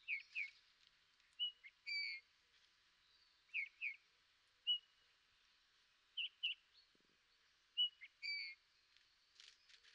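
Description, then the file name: Eurasian bullfinch uttering soft, piping whistles, often in quick pairs, repeated every second or two with brief gaps between. "Pyrrhula pyrrhula"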